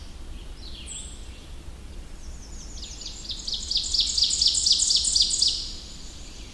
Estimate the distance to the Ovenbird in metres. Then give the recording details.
about 15 m. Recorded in boreal forest in Alberta, Canada, on 21 June 2016 at 06:53. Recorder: SongMeter 3, array SBT-6-81. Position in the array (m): 40 m, 88 m. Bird 24